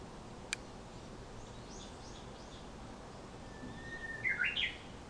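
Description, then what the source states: Japanese bush warbler song near the end: a thin held whistle leading into a short rising, tumbling phrase; a sharp click early and faint high chirps from other birds. Dated April 2018.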